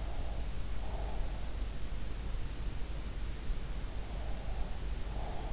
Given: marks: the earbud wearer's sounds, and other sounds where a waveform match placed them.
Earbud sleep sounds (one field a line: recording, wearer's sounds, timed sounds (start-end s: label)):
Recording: sounds in sleep by an in-ear microphone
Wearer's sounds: breath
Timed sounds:
0.00-1.24 s: breath
4.22-5.53 s: breath